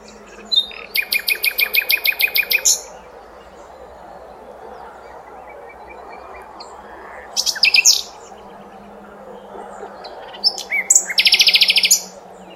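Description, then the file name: Common nightingale singing separate phrases: a loud burst of fast repeated chipping notes, a long pause, then short harsh rattles and a dense buzzy trill. "Luscinia megarhynchos"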